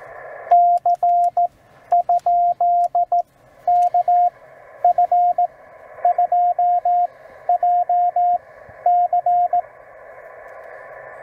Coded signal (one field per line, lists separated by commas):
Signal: Morse code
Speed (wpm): 15 wpm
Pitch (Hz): 710 Hz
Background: radio noise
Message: C? KF2JC